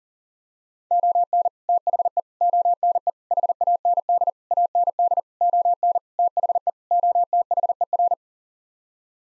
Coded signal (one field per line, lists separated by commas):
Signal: Morse code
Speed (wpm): 40 wpm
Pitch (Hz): 700 Hz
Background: none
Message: ON THE ONE HAND AND ON THE OTHER